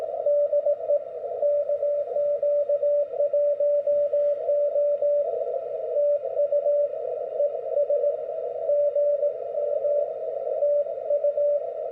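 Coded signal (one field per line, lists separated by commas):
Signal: Morse code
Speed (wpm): 18 wpm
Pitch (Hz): 580 Hz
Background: none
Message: DE KQ1O TU ES GM TU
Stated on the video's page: Standard CW QSO following a club QSO protocol, as a guide for new CW operators.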